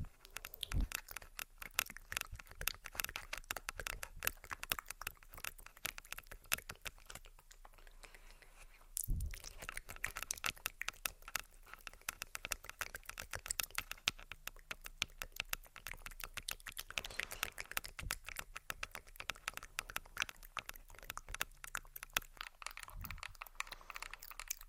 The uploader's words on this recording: ASMR Subtle Mouth Sounds + Tapping On Tascam.